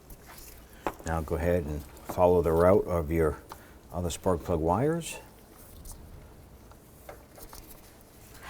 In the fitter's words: and you'll feel it snap onto your spark plug now